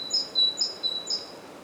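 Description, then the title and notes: Great tit singing a quick high two-note phrase, a bright upper note alternating with a thin lower whistle, repeated three times in under two seconds. Głodówka, Žilina Region, Slovakia; recorded with a Zoom F3 recorder and Usi Pro microphones. "Głodówka, Kraj żyliński, Słowacja - Great voice of a great tit. Recordist: Maciej Wirmański"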